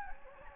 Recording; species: mosquito wingbeat signal from an infrared sensor; Anopheles gambiae